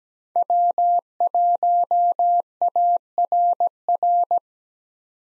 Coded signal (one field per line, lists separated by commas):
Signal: Morse code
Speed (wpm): 17 wpm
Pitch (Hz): 700 Hz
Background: none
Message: W1ARR